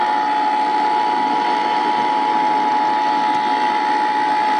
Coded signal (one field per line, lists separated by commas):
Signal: Emergency Alert System (SAME) tones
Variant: 853 and 960 Hz attention tone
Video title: IL Required Monthly Tests (EAS #497-500)